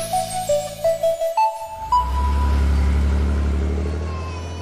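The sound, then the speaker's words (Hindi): A few short rising electronic tones give way to a steady, loud low rumble of a car engine as the car is driven toward a hospital, the hum holding constant before easing slightly at the end. “मैं सिद्धांत को लेकर अस्पताल की ओर जा रहा था, भरत गाड़ी चला रहा था।”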